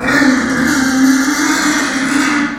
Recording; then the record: squeal of a Yucatan mini pig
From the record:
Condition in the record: after surgery on the right vocal fold (resection and tissue-engineered implant); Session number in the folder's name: 3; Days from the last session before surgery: 21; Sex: female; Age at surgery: 19 weeks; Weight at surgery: 25 kg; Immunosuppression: prednisolone